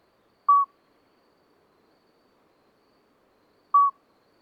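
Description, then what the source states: Common midwife toad calls with two short, fluting, bell-like notes, roughly three seconds apart, in otherwise silent night. Two toads singing discreetly all night until dawn after two days of rain, vegetation dripping; Lesches-en-Diois, 13 May 2020; recorded with a Nagra Seven and MKH40 microphone.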